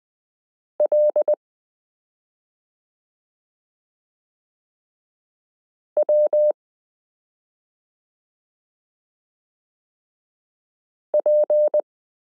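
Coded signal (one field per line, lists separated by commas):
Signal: Morse code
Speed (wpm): 20 wpm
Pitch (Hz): 600 Hz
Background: none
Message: L W P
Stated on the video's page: Morse listening lesson 12 in a Koch-method variation, adding the period to characters m k r s u a p t l o w i.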